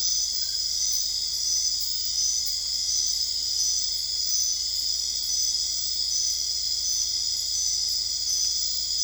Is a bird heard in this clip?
no